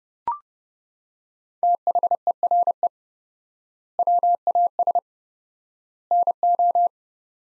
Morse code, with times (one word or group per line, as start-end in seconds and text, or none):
1.6-2.9 THERE
4.0-5.0 WAS
6.1-6.9 NO